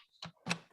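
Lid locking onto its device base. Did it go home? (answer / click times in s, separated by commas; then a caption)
yes / 0.5 s. A lid is closed and locked onto its device base. A first sharp knock comes at 0.2 s, then a louder click at 0.5 s as the lid locks and seats firmly so it no longer moves.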